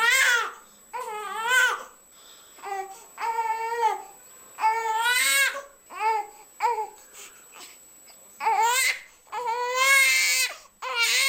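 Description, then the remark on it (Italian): An infant cries for its mother's closeness and breastfeeding in a series of rising, wavering wails, each burst separated by short gasping pauses, fairly high-pitched and insistent, with no other voices. “Ma quello che stavamo accennando prima, il lattantino vuole avere la vicinanza e l'allattamento della mamma, e questo è un modo per avere subito l'attenzione da parte dell'ambiente”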